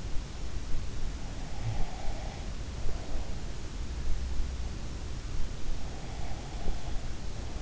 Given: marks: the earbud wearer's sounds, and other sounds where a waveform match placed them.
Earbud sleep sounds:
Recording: sounds in sleep by an in-ear microphone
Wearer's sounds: breath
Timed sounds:
1.65-3.36 s: breath

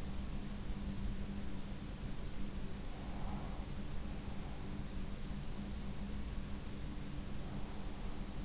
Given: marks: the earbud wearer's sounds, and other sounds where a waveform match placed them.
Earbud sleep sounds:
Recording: sounds in sleep by an in-ear microphone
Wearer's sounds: breath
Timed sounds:
2.92-3.66 s: breath

